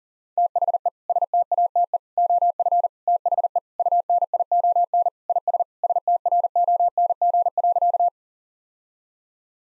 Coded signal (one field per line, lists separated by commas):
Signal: Morse code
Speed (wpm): 40 wpm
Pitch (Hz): 700 Hz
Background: none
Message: THE STATE OF THE UNION IS STRONG.